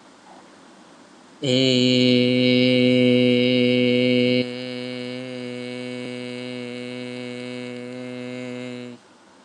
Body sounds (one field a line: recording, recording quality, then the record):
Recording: sustained vowel as in made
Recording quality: excellent, no background noise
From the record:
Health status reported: healthy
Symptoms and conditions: none ticked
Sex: male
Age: 25 years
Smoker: not ticked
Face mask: not worn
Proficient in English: yes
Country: India